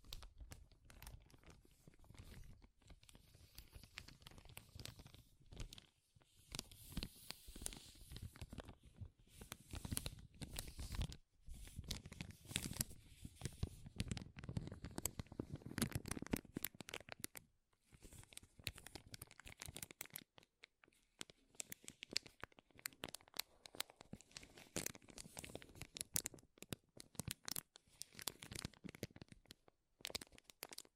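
Dense, crackling crinkles of a material being handled, a busy mass of sharp little snaps reaching from low to very bright. Fuller, rougher bursts come around 8–17 seconds, with brief near-silent gaps near 6, 11, 17 and 20 seconds, then sparser, choppier crinkling continues.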